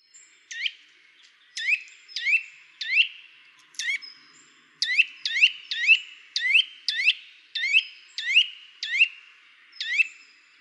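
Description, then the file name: Eurasian nuthatch calling with loud rising whistled notes, delivered in an uneven series of about one and a half per second, over a quiet background. "Sitta europaea"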